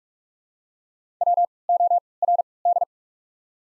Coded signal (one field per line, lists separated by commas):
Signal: Morse code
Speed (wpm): 42 wpm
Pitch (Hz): 700 Hz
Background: none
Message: WORD